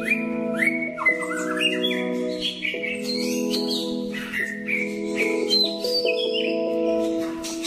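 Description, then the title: Little spiderhunter song of quick, high chirps and slurred whistles, some rising and some falling, over a continuous low droning tone. Masteran training recording for songbirds. "Masteran Burung Sogok Ontong Labaik"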